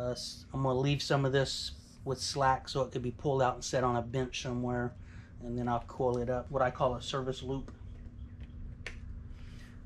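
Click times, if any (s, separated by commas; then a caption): 8.9 s. A plastic wiring harness connector, with a slack service loop left in the wiring, is pushed into its socket on a car audio amplifier. Someone talks for most of the clip, then a sharp click is heard at 8.9 s, and the connector is seated.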